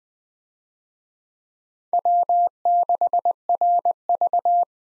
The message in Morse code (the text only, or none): W6RV